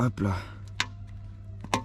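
Plastic decorative trim buttons are pressed into a refabricated leg shield panel of a Mobylette AV68 moped. After someone briefly talks, two sharp clicks are heard at 0.8 s and 1.7 s, with a low steady hum underneath. The buttons snap in and are fully seated.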